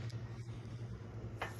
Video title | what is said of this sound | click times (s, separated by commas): CTX100 Delivery, and FULL breakdown with Vermeer Rep. How to use, how to service, maintenance, etc | locks in place then we release it pick it up just | 1.4 s